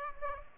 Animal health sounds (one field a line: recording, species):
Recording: mosquito wingbeat signal from an infrared sensor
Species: Aedes aegypti